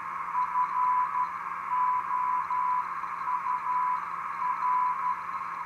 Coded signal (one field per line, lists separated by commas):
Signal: Morse code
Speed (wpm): 12 wpm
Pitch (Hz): 1000 Hz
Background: none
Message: FOUR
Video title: Hand made CW audio filter